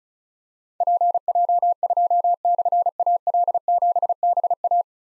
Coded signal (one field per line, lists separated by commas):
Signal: Morse code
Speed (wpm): 36 wpm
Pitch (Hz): 700 Hz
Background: none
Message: PJ2/AL7BA